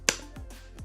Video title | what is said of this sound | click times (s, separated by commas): Handheld smartphone gimble and stabilizers | and i just love this snap sound it's just so fun | 0.1 s